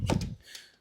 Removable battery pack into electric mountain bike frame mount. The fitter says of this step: Bakın takarken ilk önce bir kere taktım çıt diye oturdu.